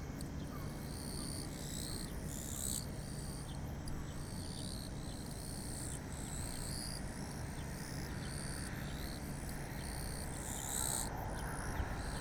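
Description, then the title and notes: Japanese bush crickets chorus in high, buzzing bursts that pulse and overlap, above a dense, steady low background rumble. Chorusing actively in daytime blazing heat, 5 August 2020, Kariwa, Niigata, Japan; same spot as a night recording; ZOOM H6 with Sennheiser MKH8020. "炎天下のキリギリス. 新潟県刈羽村"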